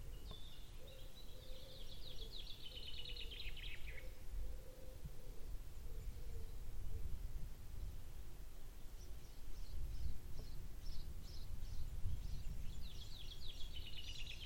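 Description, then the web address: Bird giving a high, rapid trilled call that falls at the end, repeated later, over constant low background noise. "cianscape. Deverinetal. Bird Only"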